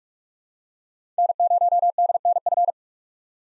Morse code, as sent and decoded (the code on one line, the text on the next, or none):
-. ----- -.. -. ..-.
N0DNF